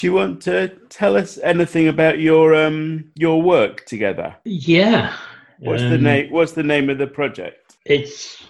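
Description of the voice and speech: Clear, fluent adult speech asking two questions, with ordinary pauses and normal voice quality.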